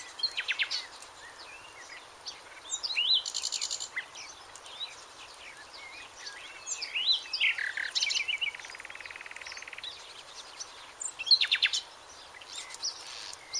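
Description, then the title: Several birds chirping and twittering in bursts of high notes, including a short buzzy trill midway, with steady hiss underneath. "LuckyPassaro Completos2Sama"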